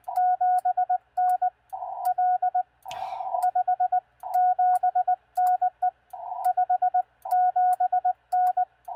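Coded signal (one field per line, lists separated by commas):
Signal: Morse code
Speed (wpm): 20 wpm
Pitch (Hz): 730 Hz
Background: radio noise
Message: 7N L 57N E 57N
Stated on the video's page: QRP CW on 40 meters, sent with a paddle with some mistakes, during POTA and TOTA activations using a mag-mount hamstick, with heavy man-made interference.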